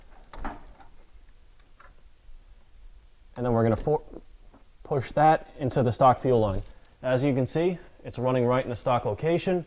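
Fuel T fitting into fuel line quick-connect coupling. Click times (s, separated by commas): 0.3 s, 0.5 s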